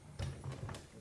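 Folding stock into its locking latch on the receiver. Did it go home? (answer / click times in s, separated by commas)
no / none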